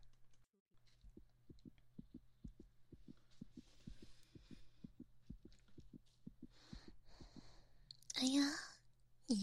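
Steady paired thumps run quickly through a stethoscope placed on the chest, around 120 beats a minute. This is a fast heartbeat, faster than a typical person's, in a roleplayed school check-up. A soft background hum is present, and a brief loud rustle comes near the end.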